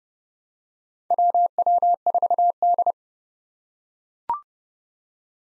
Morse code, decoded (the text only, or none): WW4D